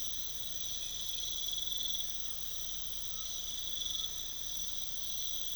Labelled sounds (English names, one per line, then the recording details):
none
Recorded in pastures near Puerto Asís, Putumayo, Colombia, on 21 December 2024 at 01:30
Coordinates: 0.486, -76.323
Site GP01